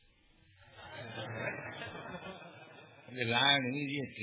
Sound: laughter